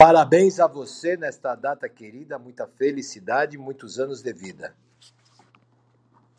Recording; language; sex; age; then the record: short text; Brazilian Portuguese; male; 50 to 59 years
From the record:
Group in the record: control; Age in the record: 56 years